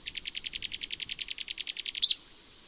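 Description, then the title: Mouse-colored Tyrannulet song: a long rapid train of about twenty matching dry notes at a steady pace, ending in a single louder, higher-pitched accent note. Nominate subspecies Phaeomyias murina murina. "LuckyPassaro Completos2Sama. Mouse-colored Tyrannulet (Phaeomyias murina murina)"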